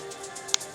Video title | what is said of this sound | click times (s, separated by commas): Yunteng YT-1288 selfie stick unboxing (Malayalam) Monopod With Bluetooth/Nuseef Tech Vlog | band lock ചെയ്തു. | 0.5 s